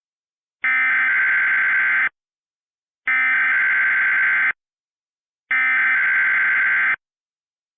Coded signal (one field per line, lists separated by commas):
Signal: Emergency Alert System (SAME) tones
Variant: header bursts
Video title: *VALID TONES* Hurricane Ida EAS Compilation (EAS Remakes)